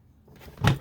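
A small metal retaining clip is put back onto the hinge pin of the folding grip on a CAA MCK Gen 2 kit for a Springfield Armory Hellcat pistol. The clip goes on with a loud, short snap at 0.7 s, after quieter rustling handling sounds. The clip is seated on the pin.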